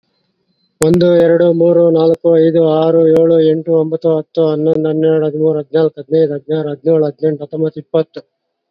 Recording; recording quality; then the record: counting at a fast pace; excellent, no background noise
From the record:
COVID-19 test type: RT-PCR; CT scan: not taken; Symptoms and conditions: cough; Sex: male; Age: 40 years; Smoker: yes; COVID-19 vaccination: none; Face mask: worn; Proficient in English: yes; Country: India